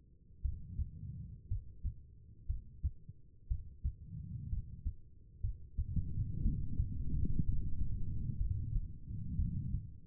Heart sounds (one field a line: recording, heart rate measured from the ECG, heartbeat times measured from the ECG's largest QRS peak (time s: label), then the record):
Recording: heart sounds by stethoscope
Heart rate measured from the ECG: 60 bpm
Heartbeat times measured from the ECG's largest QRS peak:
0.42 s: heartbeat
1.48 s: heartbeat
2.46 s: heartbeat
3.48 s: heartbeat
4.49 s: heartbeat
5.41 s: heartbeat
6.42 s: heartbeat
7.45 s: heartbeat
8.37 s: heartbeat
9.36 s: heartbeat
From the record:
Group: healthy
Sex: female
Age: 36 years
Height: 163 cm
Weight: 88 kg